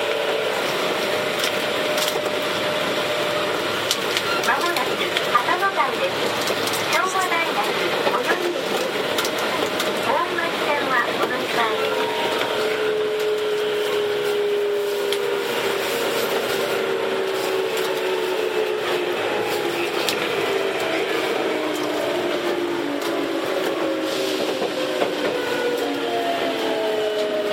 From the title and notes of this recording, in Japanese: 東急7700系 蒲田→五反田。東急7700系（7001F）蒲田→五反田。